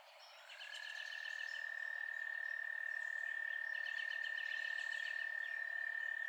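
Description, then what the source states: Frog chorus fading in quickly and then holding a steady high tone, while two bursts of rapid notes come and go above it. Night chorus.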